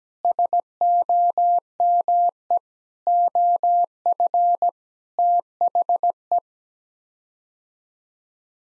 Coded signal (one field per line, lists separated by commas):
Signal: Morse code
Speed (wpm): 17 wpm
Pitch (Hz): 700 Hz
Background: none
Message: SOME OF THE